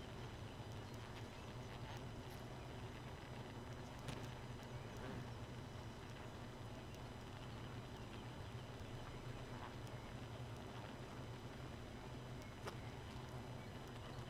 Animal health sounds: honeybee colony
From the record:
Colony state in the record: missing queen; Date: 31 May 2018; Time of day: 2:53

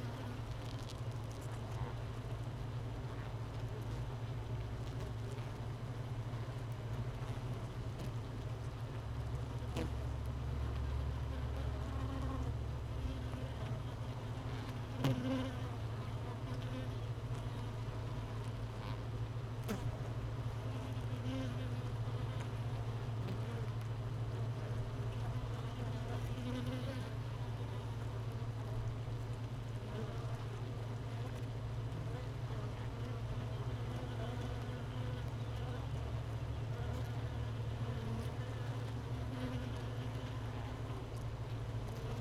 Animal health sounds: honeybee colony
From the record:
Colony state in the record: missing queen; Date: 31 May 2018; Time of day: 13:20

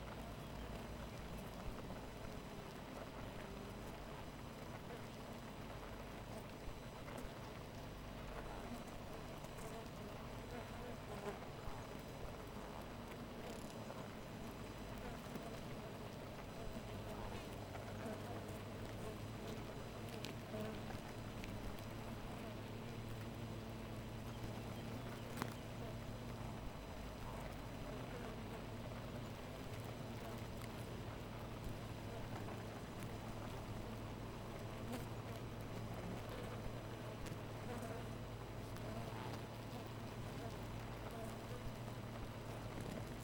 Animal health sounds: honeybee colony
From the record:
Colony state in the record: missing queen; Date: 14 July 2017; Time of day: 4:07

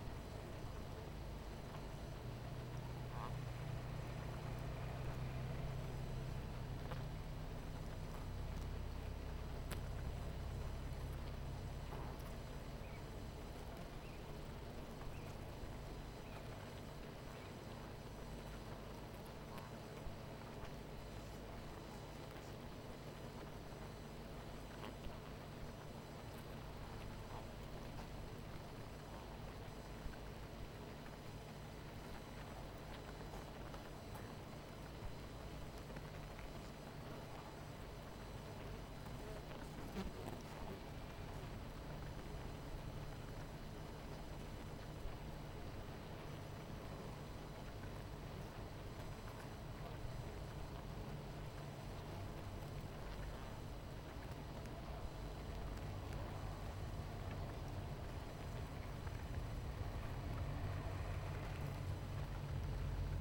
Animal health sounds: honeybee colony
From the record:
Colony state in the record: missing queen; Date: 14 July 2017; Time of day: 19:00

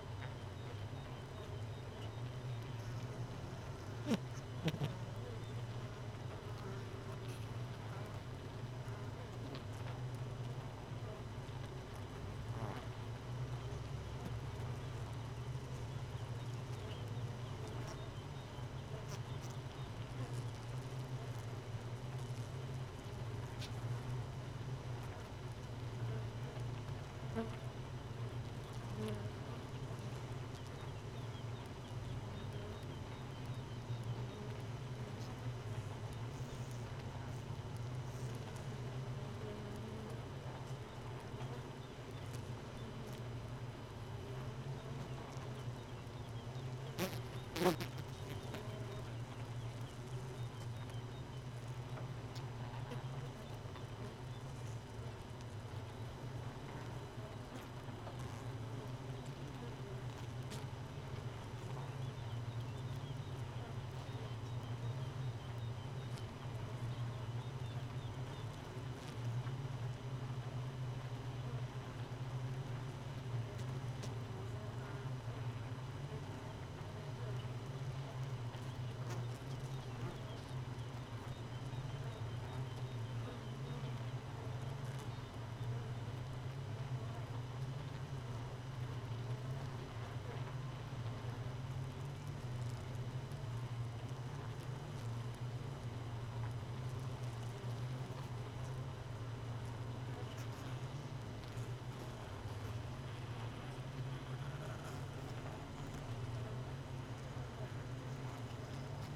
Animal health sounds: honeybee colony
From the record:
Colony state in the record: missing queen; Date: 31 May 2018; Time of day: 4:41

